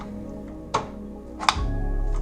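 A graphics card is pressed down into a motherboard PCIe slot with the tabs open, and sharp clicks sound at 0.8 s and 1.5 s over steady background music. The card clicks into place, with the first side seated.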